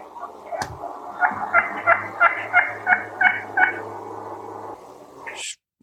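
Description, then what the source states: Wild Turkey trumpet call: a clear series of about eight evenly spaced nasal yelping notes, roughly three per second, over a low steady hum. Hen turkey giving a trumpet call; digital stereo high-definition recording.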